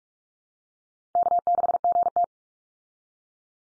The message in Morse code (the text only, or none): K6GT